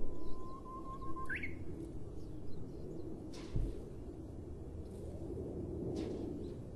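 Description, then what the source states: Japanese bush warbler song: a long steady whistle that breaks into a rising, warbled ending, with a few sharp clicks and background hum afterward. Recorded in 2012.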